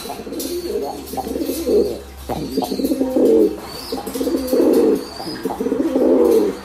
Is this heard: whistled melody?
no